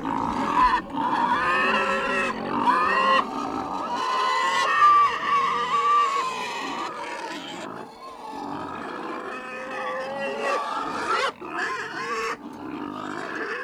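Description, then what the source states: Several pigs squealing and grunting continuously, harmonic squeals sliding up and down over a bed of rough grunts, with a few sharp bursts near the end. Multiple pigs snorting and squealing.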